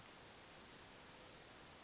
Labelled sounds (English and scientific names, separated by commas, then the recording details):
Western Flycatcher (Empidonax difficilis)
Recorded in Sonoma County, California